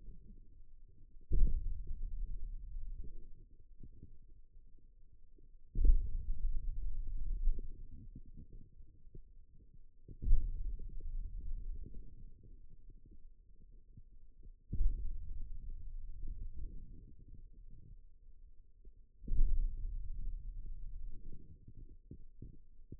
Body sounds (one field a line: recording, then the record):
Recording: forearm muscle sounds (acoustic myography)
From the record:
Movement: hand opening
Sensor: system 2, bracelet of six BSWA MPA416 microphones around the upper forearm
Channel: 1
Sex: male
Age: 22 years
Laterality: right